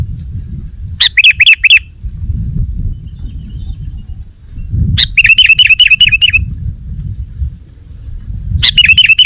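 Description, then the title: Sooty-headed bulbul song: three quick bursts of rapid, bright, repeated chirping notes separated by pauses, the last cut off at the end. "kutilang"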